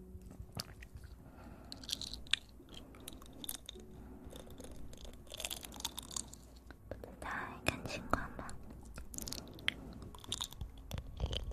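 Eating sounds with wet, sticky chewing and crisp crunches that come in irregular bursts throughout. Sharp clicks and smacks pop up every second or so, some louder ones near the two-, five-, and eight-second marks, over a faint low hum.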